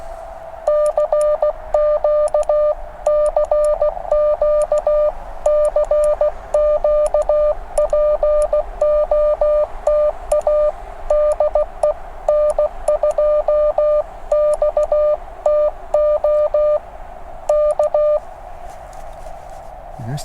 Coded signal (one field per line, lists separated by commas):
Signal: Morse code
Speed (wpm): 16 wpm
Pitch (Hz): 600 Hz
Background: music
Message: CQ CQ CQ POTA DE N2XTO K